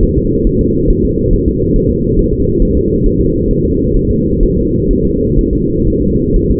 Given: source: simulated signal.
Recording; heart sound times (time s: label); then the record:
fetal heart sounds
0.03 s: S1
0.17 s: S2
0.47 s: S1
0.61 s: S2
0.90 s: S1
1.04 s: S2
1.33 s: S1
1.48 s: S2
1.76 s: S1
1.91 s: S2
2.19 s: S1
2.33 s: S2
2.62 s: S1
2.77 s: S2
3.06 s: S1
3.21 s: S2
3.51 s: S1
3.65 s: S2
3.97 s: S1
4.11 s: S2
4.43 s: S1
4.57 s: S2
4.91 s: S1
5.05 s: S2
5.39 s: S1
5.53 s: S2
5.87 s: S1
6.01 s: S2
6.36 s: S1
6.50 s: S2
From the record:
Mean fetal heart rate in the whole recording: 130 bpm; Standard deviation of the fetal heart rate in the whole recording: 4 bpm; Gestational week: 38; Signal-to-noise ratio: -14.7 dB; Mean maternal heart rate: 72 bpm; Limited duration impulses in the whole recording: present